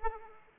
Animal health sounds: mosquito wingbeat signal from an infrared sensor; Aedes aegypti

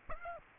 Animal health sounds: mosquito wingbeat signal from an infrared sensor; Aedes aegypti

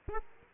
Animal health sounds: mosquito wingbeat signal from an infrared sensor; Aedes aegypti

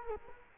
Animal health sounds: mosquito wingbeat signal from an infrared sensor; Culex quinquefasciatus

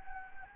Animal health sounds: mosquito wingbeat signal from an infrared sensor; Anopheles gambiae

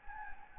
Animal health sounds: mosquito wingbeat signal from an infrared sensor; Anopheles gambiae

